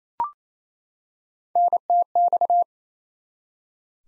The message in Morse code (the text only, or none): NTX